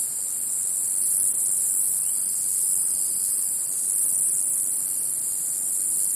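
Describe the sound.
Cicada song, a steady shrill hiss held without a break, swelling slightly in loudness around the first second and again near four seconds.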